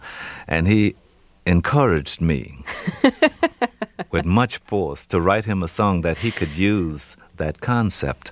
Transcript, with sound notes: And he encouraged me...
(Laughter).
...With much force to write him a song that he could use that concept.